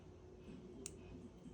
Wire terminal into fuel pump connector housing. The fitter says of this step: Hear the click,